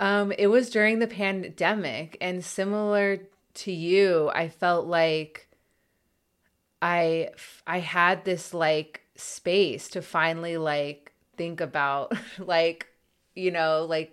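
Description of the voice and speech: Speech from an adult man who stutters, with a long pause, a repeated, stretched "I", glottal onsets and frequent "like" fillers. He still stutters in simple everyday situations such as ordering a coffee.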